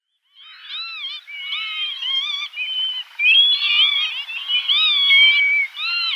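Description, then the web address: Northern lapwing calls: a dense, continuous chorus of thin, wavering slurred notes, overlapping and growing louder after the first three seconds. "Schulze Peter Northern Lapwing calls"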